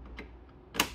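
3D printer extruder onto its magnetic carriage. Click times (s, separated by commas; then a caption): 0.8 s. A MakerBot Replicator Mini Plus 3D printer extruder is plugged back onto its magnetic carriage with its pins lined up. Two faint taps come at 0.1 and 0.2 seconds. The magnets then pull it into place with a sharp, loud snap at 0.8 seconds, and the extruder is seated.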